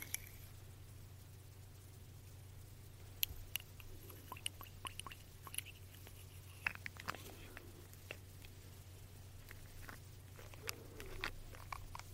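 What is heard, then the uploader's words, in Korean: Small glass bottles are tapped and handled alongside a dropper, giving short, sharp, bright clicks scattered irregularly from about three seconds on. A few soft squishing sounds appear between the taps. A steady low hum runs underneath throughout. ASMR 톡톡 여러가지유리병 스포이드 소리.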